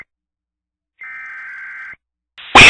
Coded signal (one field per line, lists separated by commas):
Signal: Emergency Alert System (SAME) tones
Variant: header bursts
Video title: Emergency Alert System - Headed For Home (S1EP4)